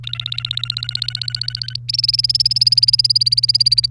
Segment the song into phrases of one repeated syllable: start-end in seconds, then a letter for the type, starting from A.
0.04-1.76 A, 1.89-3.86 B